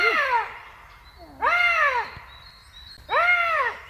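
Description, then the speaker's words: Eurasian lynx calling: three drawn-out, harsh, downward-arching wails about half a second long, repeated roughly every one and a half seconds. Adult lynx call, played as an example. "Und so hört es sich an, wenn ein Luchs ruft."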